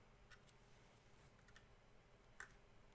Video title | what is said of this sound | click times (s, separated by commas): HUBSAN ZINO - NO WIFI - NO CONNECTION - CAMERA CABLE -ONE WAY TO FIX IT | it snapped back in so | 2.4 s